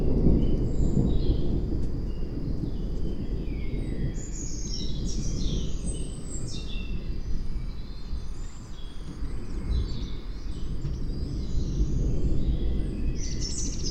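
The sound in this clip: Bird calls, short chirps and thin whistles throughout, set against a steady low-pitched roar.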